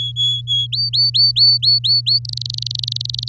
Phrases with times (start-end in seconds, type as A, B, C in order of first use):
0.00-0.67 A, 0.72-2.19 B, 2.25-3.29 C